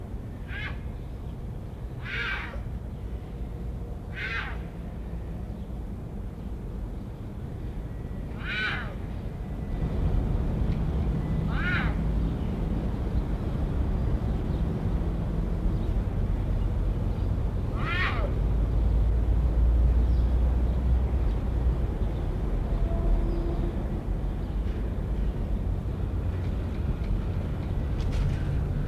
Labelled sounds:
Puma (Puma concolor) call
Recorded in captivity
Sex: male
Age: adult
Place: Zoo Rostock, Mecklenburg-Vorpommern, DE
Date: 1975-12-05 11:40
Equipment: Uher CR 210, Sennheiser MD 421, Verstärker, Kopie Unitra ZK 246
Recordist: Tembrock, Günter
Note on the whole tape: Kanadischer Puma: Rufe des einzelnen Katers, Abstand ca. 10 m

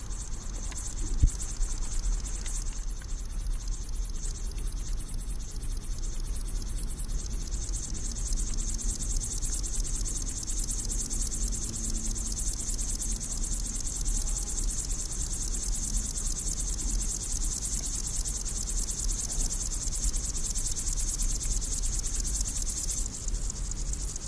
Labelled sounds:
Upland Field Grasshopper (Chorthippus apricarius) stridulation
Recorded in the wild
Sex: male
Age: adult
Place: Blankenfelde, Tegeler Fließ, Berlin, DE
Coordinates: 52.6253, 13.3928
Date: 1991-07-28
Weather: sunny, 23°C, gusty winds, wind speed 3-4
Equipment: Marantz, Sennheiser ME 80, Kopie Tesla B 116
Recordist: Tembrock, Günter

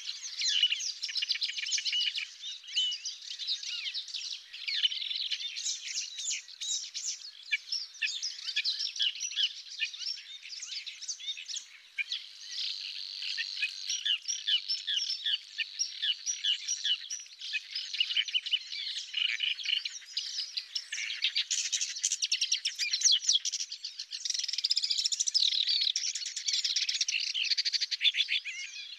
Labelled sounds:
Paddyfield Warbler (Acrocephalus agricola) song
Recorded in the wild
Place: Tengiz, KZ
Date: 2000-05-13
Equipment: MiniDisc Sharp MT 20 H
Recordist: Schwarz, Dieter
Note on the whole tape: Song

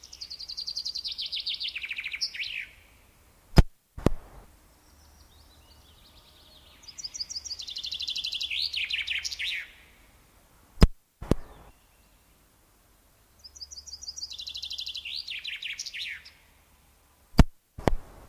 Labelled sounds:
Common Chaffinch (Fringilla coelebs) song
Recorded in the wild
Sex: male
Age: adult
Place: Erlangen, Bayern, DE
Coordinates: 49.6086, 10.9697
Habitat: forest
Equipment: Stellavox SM 5, Original, Vollspur
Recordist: Tretzel, Erwin

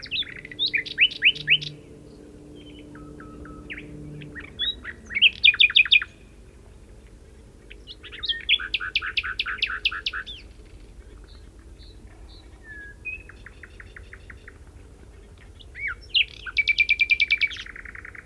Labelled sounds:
Common Nightingale (Luscinia megarhynchos) song
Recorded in the wild
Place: Retgendorf, Mecklenburg-Vorpommern, DE
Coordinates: 53.729, 11.504
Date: 1972-06-13
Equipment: Nagra III BH, Sennheiser MD 21, parabola
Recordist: Schubert, Michael

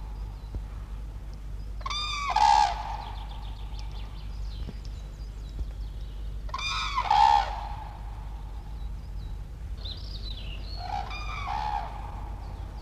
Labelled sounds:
Common Crane (Grus grus) call
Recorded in the wild
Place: Sandschenke, Niederlausitz, Sachsen, DE
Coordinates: 51.3333, 14.8
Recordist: Meyer, Hugo

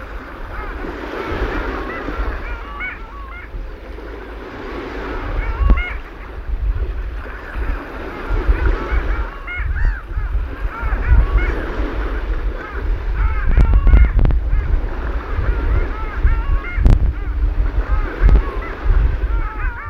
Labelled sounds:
Long-tailed Duck (Clangula hyemalis) call
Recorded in the wild
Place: Dwasiden, Insel Rügen, Mecklenburg-Vorpommern, DE
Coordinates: 54.51, 13.62
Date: 1970-04-14
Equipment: Nagra III BH, Sennheiser MD 21, parabola
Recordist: Schubert, Michael
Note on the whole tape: Balz von Eisenten, sehr stimmungsvoll (Nebelhorn, Wellen, tiefes Schiffsmotorengeräusch) (4:45-7:00)

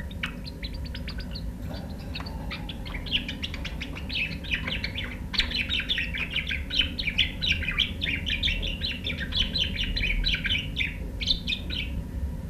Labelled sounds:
Budgerigar (Melopsittacus undulatus)
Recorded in captivity
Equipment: Halbspur, 9,5 cm/s
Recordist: Lütgens, Hans

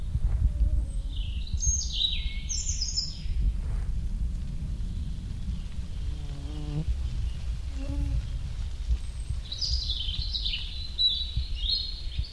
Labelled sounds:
European Robin (Erithacus rubecula) song
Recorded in the wild
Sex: male
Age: adult
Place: Halbinsel Kindo, Karelien, RU
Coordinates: 66.5508, 33.1036
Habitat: taiga
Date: 1990-07-01 13:00
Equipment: Uher 4000 Report Monitor, Sennheiser MKH 416 T
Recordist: Frommolt, Karl-Heinz

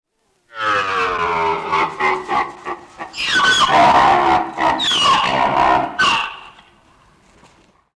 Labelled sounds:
Grevy's Zebra (Equus grevyi)
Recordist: Tembrock, Günter
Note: Rufreihe eines Hengstes

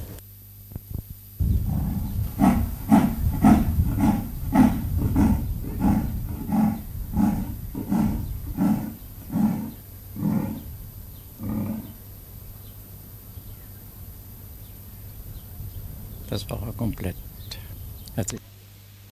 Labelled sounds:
Leopard (Panthera pardus) call
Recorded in captivity
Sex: male
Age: adult
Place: Tierpark Berlin, Berlin, DE
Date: 2005-08-12 16:26
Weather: 16°C
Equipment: Sony WM-D6C, Sennheiser ME 80, Kopie Uher 4000 Report Monitor
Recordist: Tembrock, Günter

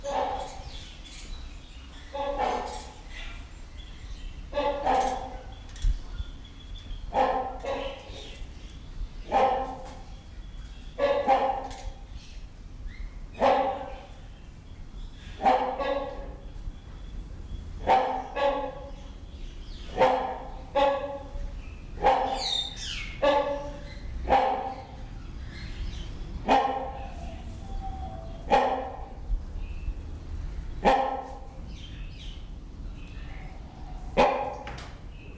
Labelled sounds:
Great Hornbill (Buceros bicornis) call
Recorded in captivity
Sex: pair
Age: adult
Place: Zoo Berlin, Berlin, DE
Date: 1993-01-16 10:52
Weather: heiter, 10-13°C
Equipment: Marantz CP 430, Sennheiser ME 80, Kopie Uher Variocord 263
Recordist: Tembrock, Günter

